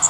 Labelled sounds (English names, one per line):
Magnolia Warbler flight call